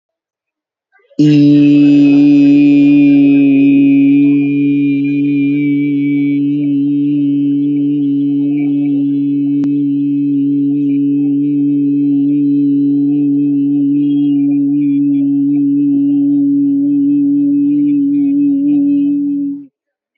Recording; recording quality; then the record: sustained vowel as in beet; moderate, slight background noise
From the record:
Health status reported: healthy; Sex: male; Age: 24 years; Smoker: yes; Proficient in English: yes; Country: India